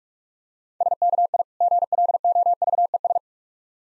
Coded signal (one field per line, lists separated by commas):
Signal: Morse code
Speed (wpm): 45 wpm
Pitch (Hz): 700 Hz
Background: none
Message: SKI GLOVES